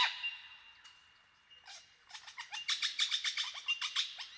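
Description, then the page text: Superb lyrebird song: a soft whistled phrase, then a rapid series of sharp repeated notes that grows louder toward the end. "Большая птица-лира - Superb Lyrebird (Menura novaehollandiae)"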